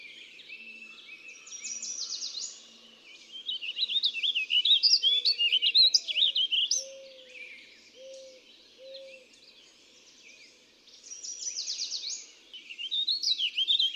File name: Warbling Vireo